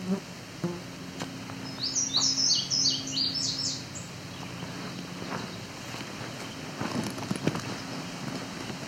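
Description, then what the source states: Indigo Bunting song: a quick burst of high, sweet notes lasting about two seconds, over a low steady hum. Male, very deep blue, almost iridescent; sings only once in a while.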